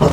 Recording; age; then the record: pig call; growing-finishing pig (85 days or more)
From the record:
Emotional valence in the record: positive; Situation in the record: run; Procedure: transit